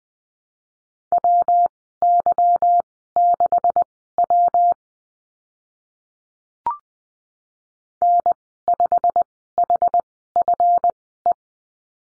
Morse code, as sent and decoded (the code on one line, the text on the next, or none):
.-- -.-- -.... .-- / -. ..... .... ..-. .
WY6W N5HFE